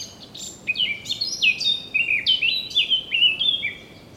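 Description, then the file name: Eurasian blackcap singing a flowing series of loud, pure whistles, each dropping in pitch, strung together for about three seconds. "Sylvia atricapilla"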